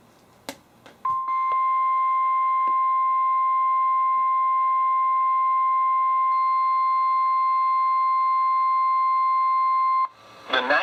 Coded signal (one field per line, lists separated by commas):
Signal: Emergency Alert System (SAME) tones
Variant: 1050 Hz attention tone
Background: speech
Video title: EAS #663-#670: More Flooding! | KHB36 & WNG736